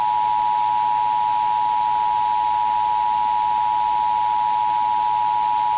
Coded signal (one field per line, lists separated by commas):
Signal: Emergency Alert System (SAME) tones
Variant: 853 and 960 Hz attention tone